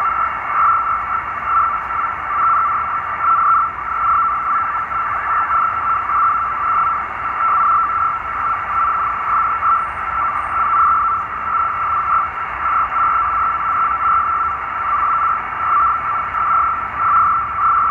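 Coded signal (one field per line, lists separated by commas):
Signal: NAVTEX (SITOR-B)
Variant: 100 baud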